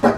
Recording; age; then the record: pig call; growing-finishing pig (85 days or more)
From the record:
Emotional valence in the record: positive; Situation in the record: run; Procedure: transit